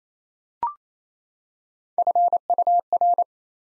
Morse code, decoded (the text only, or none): FUR